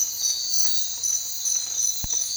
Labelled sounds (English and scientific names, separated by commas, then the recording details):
none
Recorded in secondary vegetation near Puerto Asís, Putumayo, Colombia, on 19 March 2025 at 02:00
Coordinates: 0.499, -76.323
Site G094